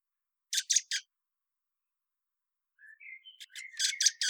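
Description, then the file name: Common blackbird giving three harsh notes, a pause, then a quiet warble rising into a loud scratchy twitter. "Turdus merula"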